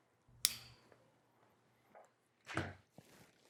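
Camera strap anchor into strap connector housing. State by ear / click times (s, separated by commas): seated / 0.5 s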